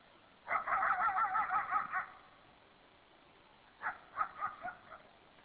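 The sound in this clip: Coyote yips and warbles, a rapid quavering burst lasting over a second, a pause, then a shorter series of choppy yelps.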